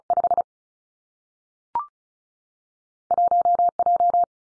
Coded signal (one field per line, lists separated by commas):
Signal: Morse code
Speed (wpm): 36 wpm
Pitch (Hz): 700 Hz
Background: none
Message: 5 1 J